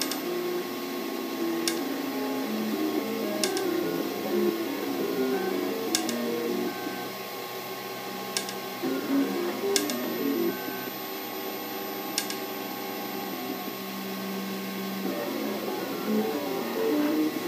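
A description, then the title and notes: A printer runs steadily, its motors whirring and stepping through shifting low and mid tones. Sharp clicks punctuate the motion about every two to two and a half seconds. The sound is continuous throughout. Makerbot printing the Ziggy G at Ziggy Creative Colony by pelles.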